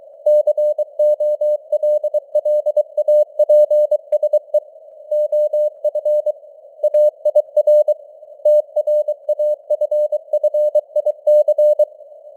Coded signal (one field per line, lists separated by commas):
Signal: Morse code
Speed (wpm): 23 wpm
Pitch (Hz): 600 Hz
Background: none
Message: COLLAPSE OF AIR TRAFFIC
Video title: Morse Code News | 2026-01-05 | 23wpm